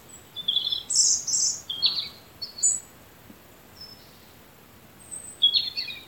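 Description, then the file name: European robin sings high, squeaky, quickly varied notes in several brief bursts, separated by short silences, against soft hiss. "Erithacus rubecula"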